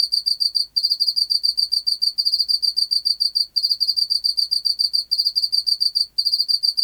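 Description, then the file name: Pacific field cricket song: a dense, high, ringing pulse series with short gaps at irregular intervals of roughly one to one and a half seconds. "Teleogryllus oceanicus"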